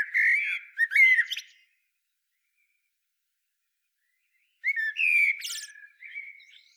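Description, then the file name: Eurasian blackbird uttering two bursts of scratchy, squawking calls separated by about three seconds of silence. "Turdus merula"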